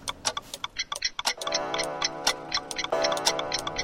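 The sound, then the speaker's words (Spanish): A clock ticks in quick, crisp clicks, roughly four or five per second, and partway through a steady ringing tone rises beneath the ticking and holds to the end. “Eran finos, durables, irrompibles, relojes que se movían por la ley del ritmo, relojes femeninos, coquetos, armoniosos.”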